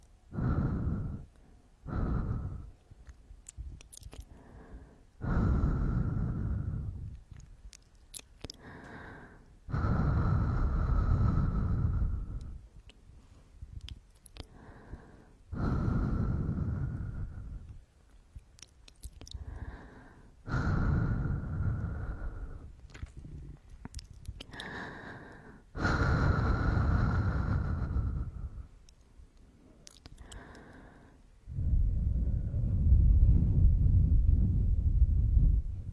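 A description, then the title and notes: Breathing and gasping in uneven bursts: long rough breaths of a few seconds each, separated by short sharp intakes and brief quiet gaps. Each breath has a low, airy rush with a faint whistling tone above it. Near the end, a longer, heavier breath runs on. The sound of breathing and gasping.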